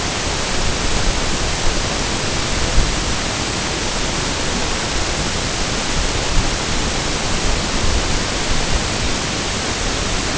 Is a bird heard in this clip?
no